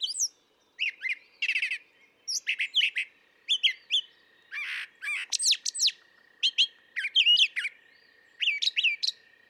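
Brown thrasher song: varied phrases of whistles, buzzes and rapid trills, many given in pairs, with brief pauses between; a steady faint tone runs underneath.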